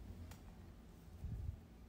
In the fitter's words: okay connected and inserted until you hear a click sound